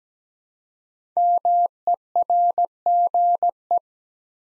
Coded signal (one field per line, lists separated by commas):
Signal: Morse code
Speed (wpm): 17 wpm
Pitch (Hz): 700 Hz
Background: none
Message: MERGE